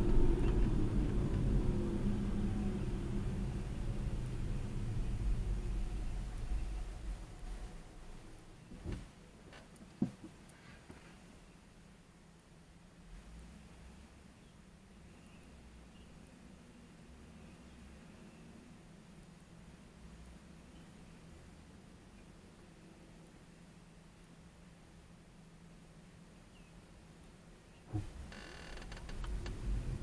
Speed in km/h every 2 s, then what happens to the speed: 24, 15, 8, 0, 0, 0, 0, 0, 0, 0, 0, 0, 0, 0, 11.
0-6 brakes to 0. 6-26 standing. 26-30 pulls away to 11.